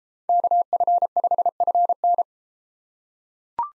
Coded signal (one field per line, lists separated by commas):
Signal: Morse code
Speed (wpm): 32 wpm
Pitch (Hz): 700 Hz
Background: none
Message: KF5FN